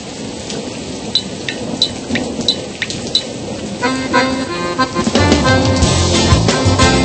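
Steady, hissing rain with scattered drips, joined about halfway through by a deep, rolling thunder rumble that swells and grows louder toward the end.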